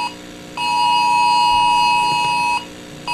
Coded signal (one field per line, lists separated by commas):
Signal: Emergency Alert System (SAME) tones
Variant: 853 and 960 Hz attention tone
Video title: EAS scenario: The Fog Part 2